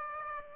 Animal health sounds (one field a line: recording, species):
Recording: mosquito wingbeat signal from an infrared sensor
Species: Aedes aegypti